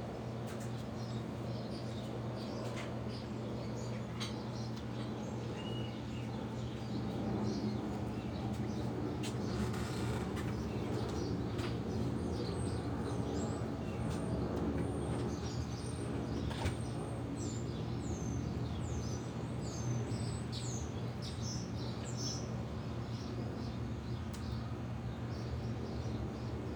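Birds chirp in quick high bursts over a steady low hum of traffic, with a brief louder rush near ten seconds and sparse clicks.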